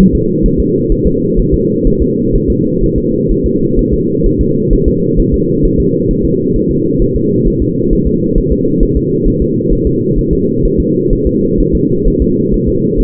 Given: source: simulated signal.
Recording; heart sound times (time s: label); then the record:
fetal heart sounds
0.00 s: S1
0.15 s: S2
0.46 s: S1
0.60 s: S2
0.92 s: S1
1.07 s: S2
1.40 s: S1
1.54 s: S2
1.87 s: S1
2.02 s: S2
2.36 s: S1
2.50 s: S2
2.84 s: S1
2.98 s: S2
3.31 s: S1
3.46 s: S2
3.79 s: S1
3.94 s: S2
4.26 s: S1
4.41 s: S2
4.73 s: S1
4.88 s: S2
5.20 s: S1
5.34 s: S2
5.65 s: S1
5.80 s: S2
6.11 s: S1
6.25 s: S2
6.56 s: S1
6.71 s: S2
7.02 s: S1
7.16 s: S2
7.48 s: S1
7.62 s: S2
7.93 s: S1
8.07 s: S2
8.38 s: S1
8.53 s: S2
8.83 s: S1
8.97 s: S2
9.28 s: S1
9.42 s: S2
9.73 s: S1
9.87 s: S2
10.19 s: S1
10.33 s: S2
10.65 s: S1
10.80 s: S2
11.13 s: S1
11.27 s: S2
11.60 s: S1
11.75 s: S2
12.08 s: S1
12.22 s: S2
12.54 s: S1
12.69 s: S2
13.00 s: S1
From the record:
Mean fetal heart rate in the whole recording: 130 bpm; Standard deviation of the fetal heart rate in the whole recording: 4 bpm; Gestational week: 38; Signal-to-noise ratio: -11.2 dB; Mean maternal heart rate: 72 bpm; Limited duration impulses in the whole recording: present